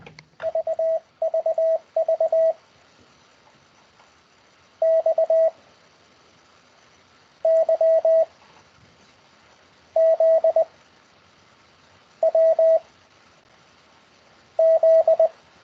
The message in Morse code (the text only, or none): VVV X Y Z W Z